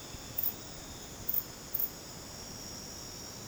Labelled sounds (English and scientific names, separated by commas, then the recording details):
none
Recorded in dense forest near Puerto Asís, Putumayo, Colombia, on 13 March 2025 at 00:30
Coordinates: 0.486, -76.317
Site G053